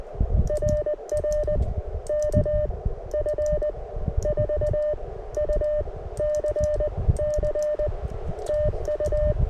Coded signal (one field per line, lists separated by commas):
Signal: Morse code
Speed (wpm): 20 wpm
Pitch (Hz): 600 Hz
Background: none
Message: RR KF4UCC TU